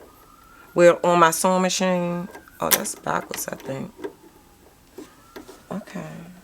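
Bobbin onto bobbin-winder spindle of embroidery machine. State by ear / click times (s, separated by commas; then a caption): not seated / none. Someone talks while handling a plastic bobbin at the bobbin-winder spindle of a PE800 embroidery machine during bobbin winding, with a few soft handling taps between the words. The bobbin has not snapped onto the spindle yet; nothing has seated or clicked by the end of the clip.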